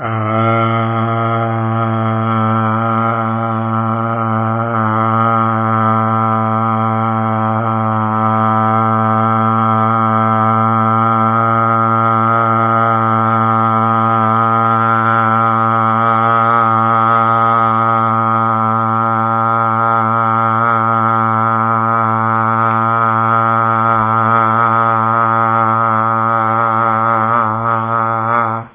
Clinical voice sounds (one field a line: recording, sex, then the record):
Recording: sustained vowel /a/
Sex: male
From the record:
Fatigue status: no fatigue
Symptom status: asymptomatic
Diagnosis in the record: COVID-19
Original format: 3gp